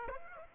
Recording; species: mosquito wingbeat signal from an infrared sensor; Aedes aegypti